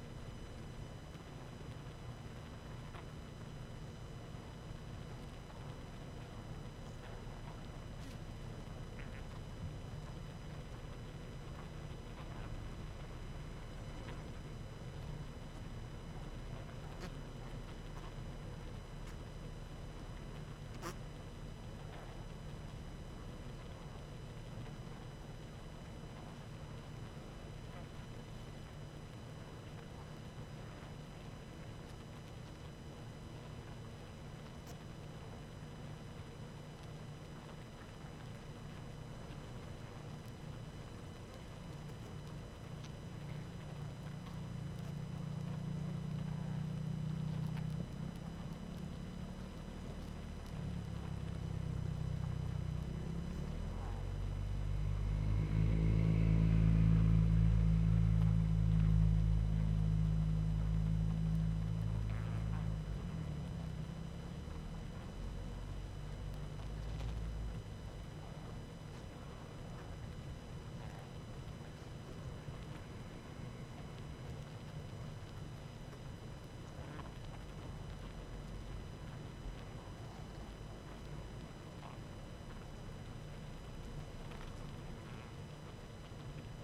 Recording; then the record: honeybee colony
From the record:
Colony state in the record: active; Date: 12 June 2018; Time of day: 19:22